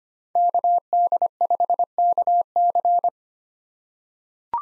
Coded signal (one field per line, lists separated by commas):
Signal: Morse code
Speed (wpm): 25 wpm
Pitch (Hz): 700 Hz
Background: none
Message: KD5KC